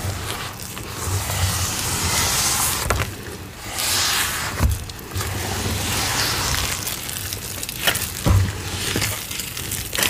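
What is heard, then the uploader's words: Soft crunching and squishing from paste and chalk powder being worked, a dense, steady, grainy texture with a low hum underneath. Sharper cracks stand out near three, five, eight and nine seconds, and the sound dips briefly around the middle. Reforming my Black Hydrophobic Mixes + Black Cornstarch Crunchies.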